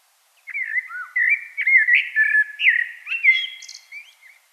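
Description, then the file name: Common blackbird song: a continuous run of rich, fluting whistled notes rising and falling, with a brief high squeaky flourish near the end. "Turdus merula"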